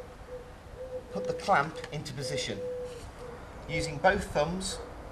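Someone talks while the column clamp of a Molift Smart folding portable patient hoist is pressed into position on the base with both thumbs, to lock the column to the base. Faint handling sounds come under the speech, with a steady tone in the background. Nothing has seated or clicked yet by the end of the clip.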